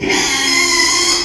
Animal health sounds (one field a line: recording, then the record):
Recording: squeal of a Yucatan mini pig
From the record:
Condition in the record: after surgery on the right vocal fold (resection and tissue-engineered implant)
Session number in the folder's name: 2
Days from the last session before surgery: 13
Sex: male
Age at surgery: 12 weeks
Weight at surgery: 13 kg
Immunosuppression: cyclosporine, prednisolone